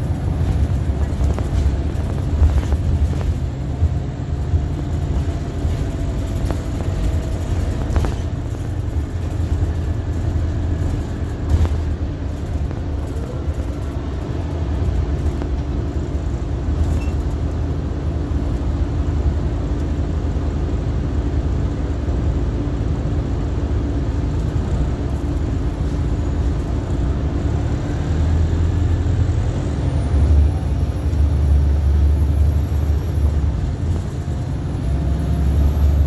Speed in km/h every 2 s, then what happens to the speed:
47, 44, 40, 40, 37, 31, 21, 15, 2, 0, 0, 2, 2, 13, 19, 27, 34, 40.
0-15 slows to 2. 15-23 standing. 23-36 pulls away to 40.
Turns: none.